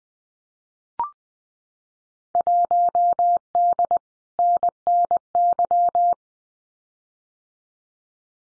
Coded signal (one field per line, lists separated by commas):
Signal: Morse code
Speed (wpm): 20 wpm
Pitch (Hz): 700 Hz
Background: none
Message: 1D NNY